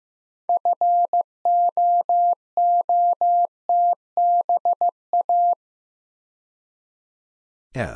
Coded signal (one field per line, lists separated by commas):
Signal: Morse code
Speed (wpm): 15 wpm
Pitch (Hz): 700 Hz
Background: none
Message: FOOTBA